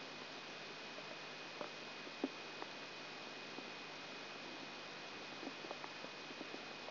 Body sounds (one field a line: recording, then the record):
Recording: brain microelectrode recording played as sound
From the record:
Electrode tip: outside the subthalamic nucleus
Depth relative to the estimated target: -8 mm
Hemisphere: left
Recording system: AlphaMap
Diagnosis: Parkinson's disease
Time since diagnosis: 7 years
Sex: female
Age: 56 years